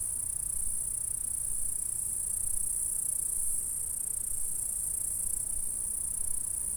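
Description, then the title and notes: Unbroken high-pitched insect stridulation, an even shimmering hiss from start to end, with soft low noise beneath. "Saint-François-de-Sales, France - insectes. Stridulations dans la prairie. Enregistreur ZoomH4"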